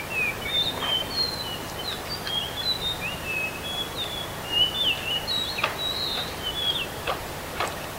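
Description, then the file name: Common hill myna calling with a steady series of short whistled slurs and clicks, some rising and some falling, over a soft constant background hiss. "suarakicauanciungomkicau"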